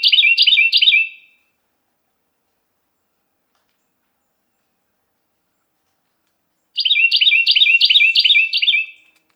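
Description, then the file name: Carolina wren song, a short ending of repeated rolling phrases, a silent stretch of several seconds, then a new series of about six phrases. "suara-kicauan-burung-carolina-wren-variasi-2-omkicau"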